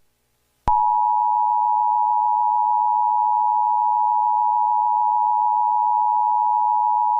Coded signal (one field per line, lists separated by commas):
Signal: Emergency Alert System (SAME) tones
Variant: 853 and 960 Hz attention tone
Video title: EAS SCENARIO SPECIAL #1 - Flash Flood Getdown